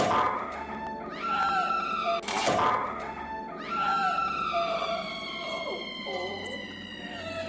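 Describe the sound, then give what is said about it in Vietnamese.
A cat meows in long, wavering cries that slide up and down in pitch, several in a row, broken once by a short sharp thump. “Đầu tiên là tiếng mèo kêu, tiếp đó là gió thổi cây lá xào xạc”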